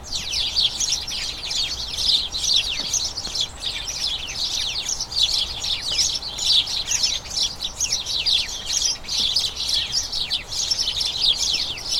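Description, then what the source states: House sparrow flock chattering, many quick high chirps piling over one another without pause, a steady busy twittering. About a dozen house sparrows, a colony, chattering incessantly in a small front garden as crocuses bloom, excitement signalling the colony turning toward the breeding season.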